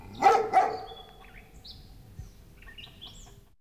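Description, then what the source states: Dog giving two quick barks at the start, followed by faint high bird chirps. Large dog barking in the distance.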